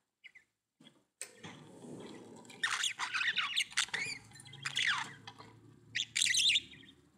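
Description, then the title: Budgerigar chatter, scratchy warbling bursts and squawky notes in short runs, with a low rumbling background underneath. "Budgie Sounds"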